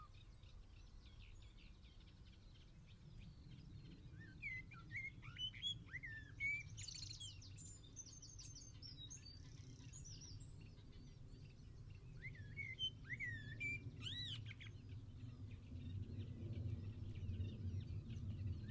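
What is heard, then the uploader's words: Early morning countryside birdsong, with several birds trading quick chirps, trills and sweeping whistles, busiest from about five to eight seconds and again near thirteen to fifteen seconds. A steady low rumble sits underneath throughout, swelling slightly toward the end. 7.00am Birdsong at Hurst View, Pennington, Dorset, UK. Early morning countryside birdsong recorded on the weekend of King Charles' Coronation.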